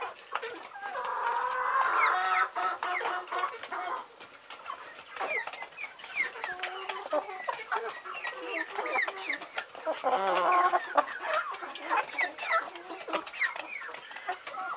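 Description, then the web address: Chickens clucking as a flock: many overlapping short clucks and squawks run continuously, with louder bursts of busy chatter in places. Several chickens recorded as farm ambience. "bird chickens ambience farm chickens"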